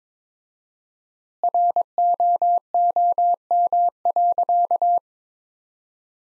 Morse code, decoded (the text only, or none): ROOM.